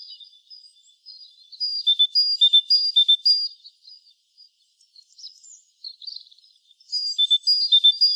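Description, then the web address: Great tit giving rapid bright two-pitched notes in a strong burst, then soft faint notes, before another lively run of alternating high notes. "SETE Parus major"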